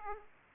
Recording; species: mosquito wingbeat signal from an infrared sensor; Aedes aegypti